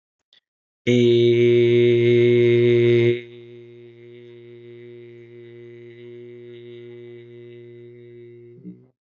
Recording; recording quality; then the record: sustained vowel as in made; excellent, no background noise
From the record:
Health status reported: healthy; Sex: male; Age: 29 years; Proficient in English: yes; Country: India